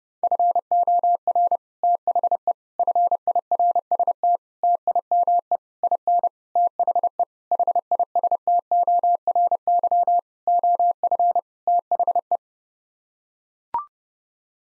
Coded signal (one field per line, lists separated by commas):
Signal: Morse code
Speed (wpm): 30 wpm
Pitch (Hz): 700 Hz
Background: none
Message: FOR THE FIRST TIME IN THE HISTORY OF THE